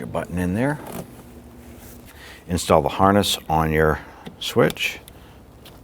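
Someone talks while installing a plastic button and then handling a wiring harness plug at the plastic door switch connector on a 1992–1996 Toyota Camry door, with brief handling noises between the speech. The harness is being fitted onto the switch, but nothing has seated or clicked yet.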